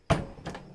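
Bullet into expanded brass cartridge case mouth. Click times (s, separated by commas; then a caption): 0.5 s. A jacketed 9mm bullet is set by hand into the two-step expanded mouth of a brass cartridge case. A louder broadband knock at 0.1 s is followed by a short, soft click at 0.5 s as the bullet snaps into the flared case mouth and seats.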